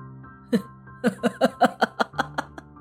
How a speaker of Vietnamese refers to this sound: Cô gái tội nghiệp thổn thức nghẹn ngào, nấc lên từng tiếng rồi gào thét bi ai.